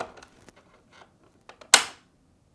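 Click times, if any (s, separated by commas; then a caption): 1.7 s. A plastic dispenser funnel ice guide, part WPW10471618, is hooked at an angle onto the ice chute door assembly of a Whirlpool refrigerator and rotated into position. Faint plastic rustles and light taps come first, then a loud, sharp snap at 1.7 s seats the guide in place.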